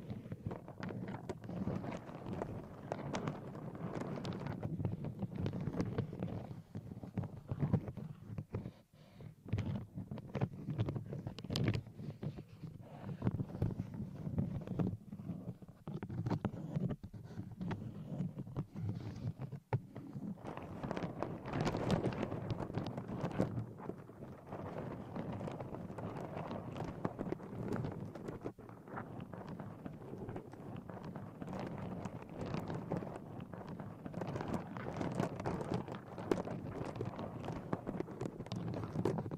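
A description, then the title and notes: Nails scratch across a microphone cover in a dense, continuous rasping that never lets up over the whole span. The sound sits mostly low and thick with a rough, rustling texture, broken by frequent quick scrapes and taps, and a brief quieter dip near nine seconds. Mic Scratching - Brain Scratching with 50 DIFFERENT MICS Covers & Nails. No Talking.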